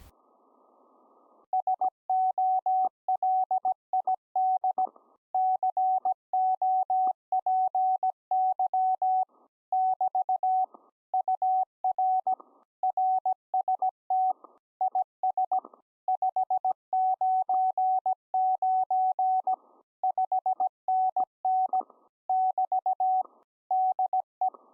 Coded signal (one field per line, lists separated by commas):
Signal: Morse code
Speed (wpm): 17 wpm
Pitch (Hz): 750 Hz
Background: none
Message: SOLID COPY <BT> UR RST IS 599 5NN <BT> DE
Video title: DIY SDR CW Xcvr Project